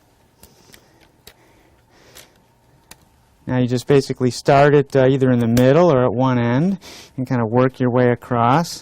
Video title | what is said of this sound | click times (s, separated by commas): Laptop Upgrades | so i'm going to snap this cover back in place | 0.4 s, 0.7 s, 1.3 s, 2.9 s